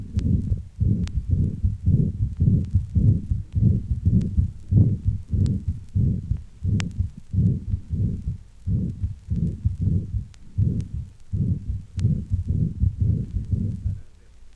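Adult heart by stethoscope with atrial fibrillation (complete arrhythmia): a holosystolic murmur of mitral regurgitation whose intensity barely varies from one beat to the next despite the irregular rhythm.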